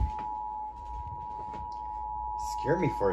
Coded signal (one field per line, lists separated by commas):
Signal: Emergency Alert System (SAME) tones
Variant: 853 and 960 Hz attention tone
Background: speech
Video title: Required monthly test EAS#60